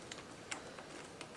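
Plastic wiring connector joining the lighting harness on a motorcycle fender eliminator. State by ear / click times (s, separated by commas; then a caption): not seated / none. The last plastic wiring connector of the lighting harness is being handled by hand on a Vagabond Motorsports VM-KN610 fender eliminator for a 2013–2018 Kawasaki Ninja ZX-6R. Only faint handling ticks are heard around 0.1, 0.5, 1.2 and 1.4 seconds. Nothing has seated or clicked yet.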